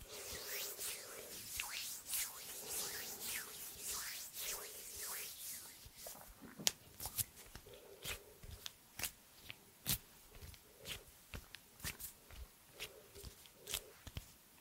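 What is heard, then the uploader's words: Hand sounds: bursts of rubbing and brushing in the first few seconds, then a run of separate sharp taps and clicks from about six seconds on, spaced roughly every half second and growing more regular. A soft, faintly tonal hum comes and goes underneath. ASMR Hand sounds No talking.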